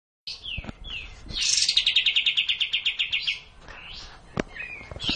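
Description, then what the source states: Cililin song: a few scattered whistled notes, then a loud, rapid, chattering trill that slowly softens, followed by more short slurred whistles and clicks. Song in the kapas tembak style.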